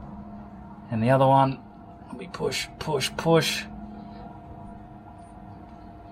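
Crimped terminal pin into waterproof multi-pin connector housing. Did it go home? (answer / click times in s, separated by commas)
no / none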